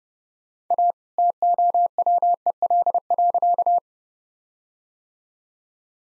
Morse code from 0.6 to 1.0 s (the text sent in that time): A